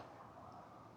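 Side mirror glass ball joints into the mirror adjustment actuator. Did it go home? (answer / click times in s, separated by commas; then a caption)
no / none. Replacement side-view mirror glass on a Honda Clarity is handled against the ball joints of the mirror adjustment actuator before being pressed firmly on until they lock. Only a steady, quiet low-frequency rumble and hiss is heard throughout, with no distinct transients. Nothing has seated or clicked yet.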